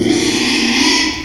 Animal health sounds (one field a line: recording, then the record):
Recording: squeal of a Yucatan mini pig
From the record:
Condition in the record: after surgery on the right vocal fold (resection and tissue-engineered implant)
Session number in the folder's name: 2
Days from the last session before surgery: 13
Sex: male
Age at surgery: 12 weeks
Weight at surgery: 13 kg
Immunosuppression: cyclosporine, prednisolone